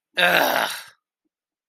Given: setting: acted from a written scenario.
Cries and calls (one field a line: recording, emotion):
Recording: vocal sound without words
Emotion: anger